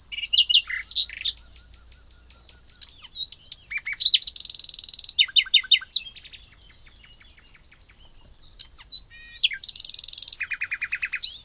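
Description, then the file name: Common nightingale song: loud varied phrases mixing harsh buzzy bursts, quick trills and whistled notes, with pauses between phrases. "Luscinia megarhynchos"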